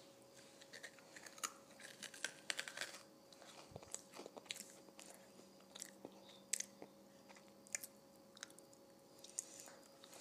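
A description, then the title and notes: Someone crunches on potato chips, with dense, bright, irregular crackles scattered through the whole ten seconds and the busiest bursts near the start. A faint steady hum runs underneath. Crunching on Potato Chips.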